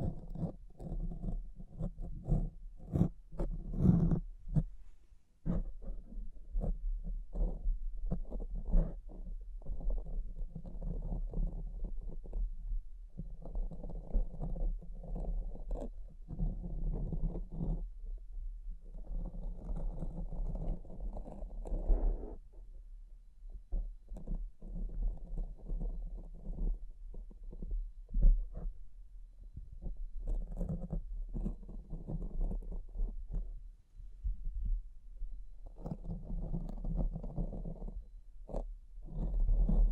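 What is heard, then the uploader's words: Muffled brushing and scratching come in dense, irregular bursts, mostly low and dull, with a few sharper taps in the first five seconds. Brief pauses break the rubbing around 5, 28 and 34 seconds, and a steady low hum runs underneath throughout. Tapping, Scratching, Brushing, Crinkles.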